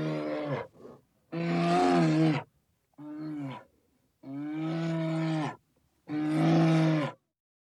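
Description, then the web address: Bear roars: several long, harmonic bellowing growls separated by short silences. "sonidos rugido de oso"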